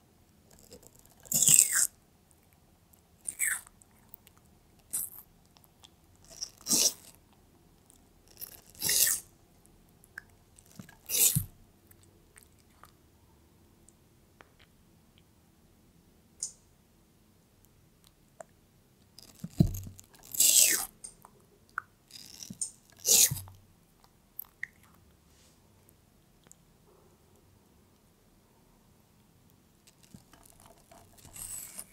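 A pet tortoise eats watermelon in short, wet, crunchy bites that come every two or three seconds, with a quiet gap in the middle of the clip. The bites are bright and sharp, some landing in quick pairs, over a faint low hum.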